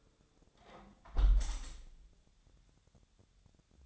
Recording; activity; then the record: daily activity, microphone in the room; close window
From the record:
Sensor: 3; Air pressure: 1014.9 hPa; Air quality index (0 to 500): 27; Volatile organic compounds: 1 ppm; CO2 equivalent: 514 ppm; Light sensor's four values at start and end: 10/23/9/9 and 10/22/9/9